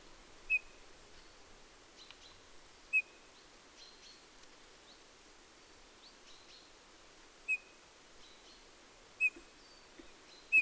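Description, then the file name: Eurasian bullfinch calls: single short, clear whistled notes spaced irregularly a few seconds apart, with faint background hiss. "Pyrrhula pyrrhula"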